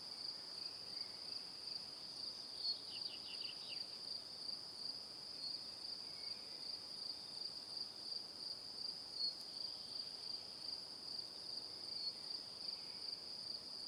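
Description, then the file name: Crickets keep up a continuous high chirping chorus, with a brief cascade of falling ticking notes early on. Evening. "Calm - Evening Crickets"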